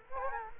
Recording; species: mosquito wingbeat signal from an infrared sensor; Culex quinquefasciatus